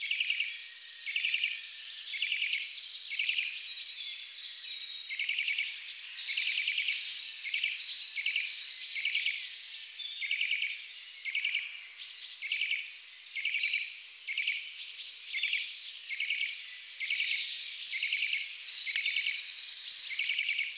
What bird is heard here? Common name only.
Eurasian Nuthatch